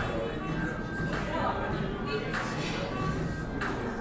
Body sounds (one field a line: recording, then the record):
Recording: background sound without coughing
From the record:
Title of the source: 60 minutes of coffee shop sounds for study and concentration